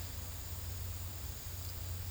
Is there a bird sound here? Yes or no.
no